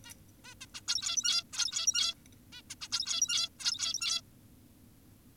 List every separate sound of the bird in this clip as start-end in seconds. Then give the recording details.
0.05-0.14, 0.44-0.54, 0.61-0.66, 0.74-0.82, 0.88-1.44, 1.53-2.15, 2.53-2.62, 2.70-2.75, 2.82-2.88, 2.92-3.49, 3.60-4.21. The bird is an adult. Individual g17y2U